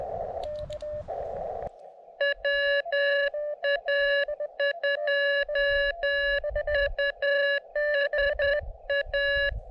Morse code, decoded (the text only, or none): WA2USA